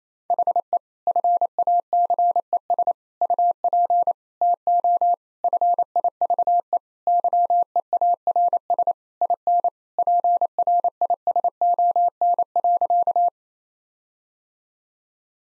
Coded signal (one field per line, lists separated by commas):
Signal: Morse code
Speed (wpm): 27 wpm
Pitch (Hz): 700 Hz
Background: none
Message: HE FACES UP TO FIVE YEARS IN PRISON.